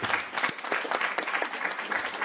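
Steady audience applause, a dense wash of many hands clapping at a fairly even level with no voices on top, lasting a couple of seconds.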